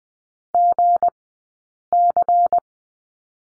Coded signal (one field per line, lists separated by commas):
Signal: Morse code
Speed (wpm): 20 wpm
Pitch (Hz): 700 Hz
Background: none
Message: GC